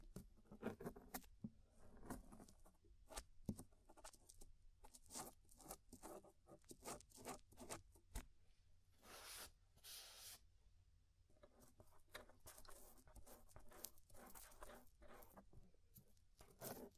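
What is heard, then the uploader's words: Scraping and rubbing inside the ear, a dense run of short crackling and rustling strokes that come quickly and irregularly throughout. Sharp bright clicks punctuate the strokes, with a couple of longer hissing scrapes around nine and ten seconds over a low rumble. Inner and Outer Ear Scraping (No Talking).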